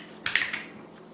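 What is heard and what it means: A Smith & Wesson Governor revolver's cylinder is swung closed into its steel frame, giving sharp metallic clicks at 0.3 s and 0.4 s. The cylinder closes and latches fully.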